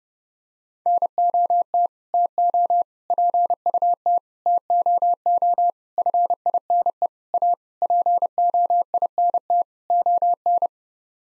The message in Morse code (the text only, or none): NOT TO PUT TOO FINE A POINT ON